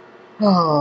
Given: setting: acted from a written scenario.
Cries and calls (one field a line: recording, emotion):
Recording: vocal sound without words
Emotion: shame